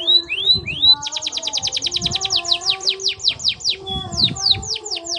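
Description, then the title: Belgian canary song opening with a few slurred notes, then long fast rolls of repeated downward-sweeping notes, over a faint low hum. Belgian canary warm-up song used for masteran tutoring, a long rolling song meant to help young canaries start singing quickly. "Canto Para Esquentar Canário Belga. Kenari AF gacor panjang untuk masteran, Kenari muda cepat gacor ngerol panjang"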